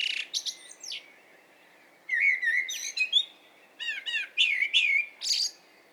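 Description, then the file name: Common blackbird song, several mellow whistled notes broken by bursts of thin, scratchy high twittering, phrases separated by short pauses. "Turdus merula"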